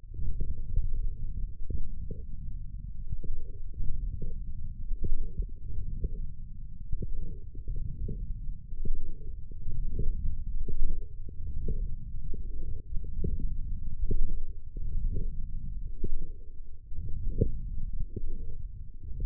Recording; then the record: forearm muscle sounds (acoustic myography)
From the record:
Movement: forearm supination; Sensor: system 1, eight BSWA MPA416 microphones around the upper forearm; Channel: 6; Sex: male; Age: 20 years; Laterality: left